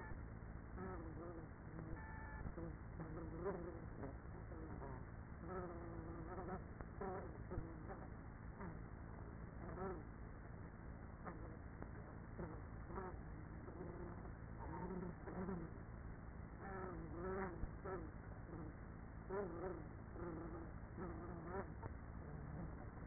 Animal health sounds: honeybee colony, microphone inside the hive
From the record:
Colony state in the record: queenless with a low population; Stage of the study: after two queens were removed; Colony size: about 30,000 bees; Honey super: no

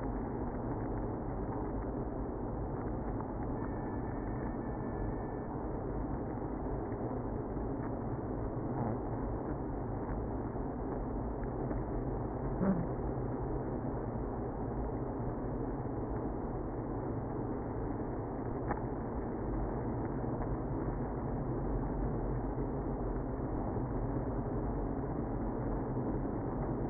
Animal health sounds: honeybee colony, microphone inside the hive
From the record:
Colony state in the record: queenless (queen removed); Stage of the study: after two queens were removed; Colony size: about 60,000 bees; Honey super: yes

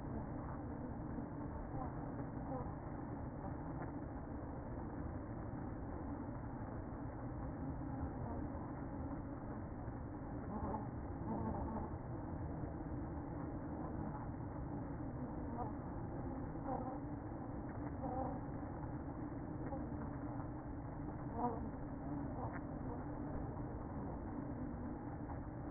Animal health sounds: honeybee colony, microphone inside the hive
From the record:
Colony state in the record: queen present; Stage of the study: after two queens were removed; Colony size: about 60,000 bees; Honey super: yes

